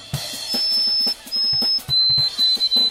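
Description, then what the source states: White-throated sparrow whistling long, pure sustained notes that step down in pitch, then break into short repeated whistles, over rhythmic low thumping music. Given as a sign of spring.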